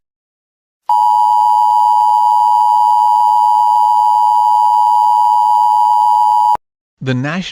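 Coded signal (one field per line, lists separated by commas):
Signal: Emergency Alert System (SAME) tones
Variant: 853 and 960 Hz attention tone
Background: speech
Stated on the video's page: Fictional EAS scenario made as an animated movie.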